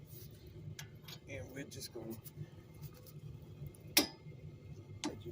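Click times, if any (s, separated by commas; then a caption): 4.0 s. A torque wrench set to 75 ft-lb tightens a brake caliper bracket bolt on a Ford Escape during a front brake pad and rotor job while someone talks. The wrench breaks over with a sharp click at 4.0 s, showing the bolt has reached its torque setting, and a second fainter click follows at 5.0 s.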